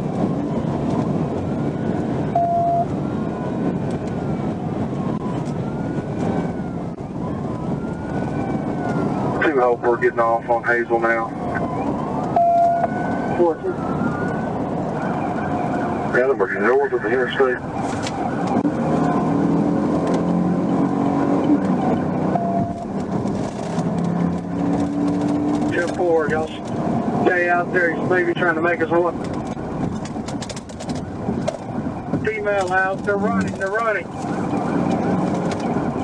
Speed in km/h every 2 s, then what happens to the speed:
171, 166, 156, 142, 124, 109, 101, 92, 87, 97, 111, 122, 134, 140, 127, 111, 100, 100.
0-15 brakes to 87. 17-25 speeds up to 140. 25-36 slows to 100.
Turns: none.